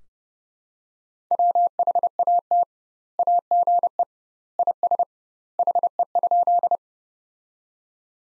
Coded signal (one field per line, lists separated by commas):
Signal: Morse code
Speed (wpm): 30 wpm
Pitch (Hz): 700 Hz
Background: none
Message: WHAT AGE IS HE?